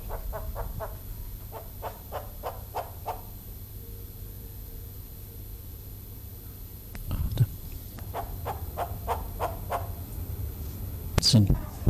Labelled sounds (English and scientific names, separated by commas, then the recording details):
Von Der Decken's Hornbill (Tockus deckeni) call
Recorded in captivity
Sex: male
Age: adult
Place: Zoo Berlin, Berlin, DE
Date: 2005-08-17 15:20
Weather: heiter, 18°C
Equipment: Panasonic RQ-2102, Sennheiser ME 80, Kopie Uher 4000 Report Monitor
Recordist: Tembrock, Günter
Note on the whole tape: Männchen: Lautfolgen